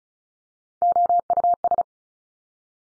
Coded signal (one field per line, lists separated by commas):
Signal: Morse code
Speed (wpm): 36 wpm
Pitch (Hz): 700 Hz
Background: none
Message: OUS